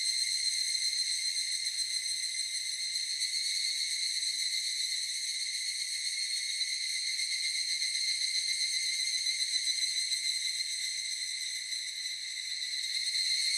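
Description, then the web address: Evening cicada song: continuous high, metallic ringing with fine rapid pulsing, holding nearly level in loudness, dipping briefly near the end. Recorded 18 July 2004. "2004 040718 higurasi"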